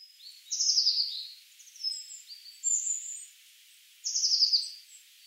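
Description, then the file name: Eurasian blue tit calls: high, buzzy, rapidly pulsed bursts, two loud ones about three and a half seconds apart, with fainter thin notes and short trills between. "Cyanistes caeruleus"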